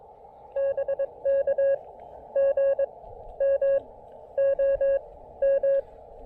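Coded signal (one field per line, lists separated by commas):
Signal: Morse code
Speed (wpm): 21 wpm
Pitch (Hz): 560 Hz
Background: none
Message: BK GM OM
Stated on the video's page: SOTA activation on 20, 17, 15 and 10 meters using an improvised wire antenna on an observation deck rail.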